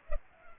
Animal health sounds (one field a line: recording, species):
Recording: mosquito wingbeat signal from an infrared sensor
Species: Culex pipiens